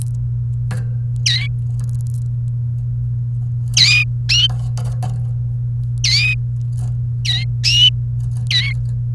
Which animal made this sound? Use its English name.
Domestic Canary